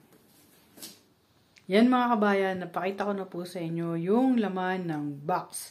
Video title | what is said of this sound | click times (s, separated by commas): Panda Portable Washing Machine 1.34 cu ft | Press nyo lang. Makaririnig nyo po yung click sound. | 0.8 s